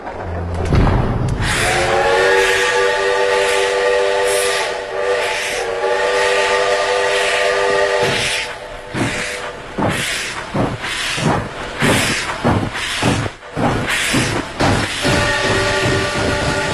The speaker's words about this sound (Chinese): 满载文物的火车驶出了前门火车站。